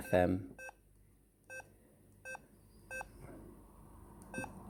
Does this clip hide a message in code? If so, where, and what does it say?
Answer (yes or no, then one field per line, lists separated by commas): no